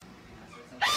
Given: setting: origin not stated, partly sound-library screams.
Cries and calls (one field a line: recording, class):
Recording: one-second piece from a danger detection set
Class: woman in danger